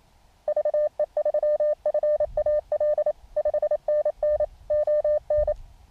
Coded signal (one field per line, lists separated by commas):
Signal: Morse code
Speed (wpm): 26 wpm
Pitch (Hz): 600 Hz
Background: none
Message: VE3FAL 5NN ON